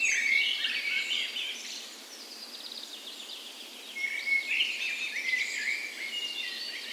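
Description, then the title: Mixed birdsong of a dawn chorus, busy chirping at first, a slightly thinner middle, then clear whistled phrases returning. Dawn chorus in a park west in Bergen, Norway, on the morning of 17 May, Norway's National Day, in spring; Sony PCM A10 recorder, LOM micro Usi mics used as tree ears. "17th Of May Dawn Chorus"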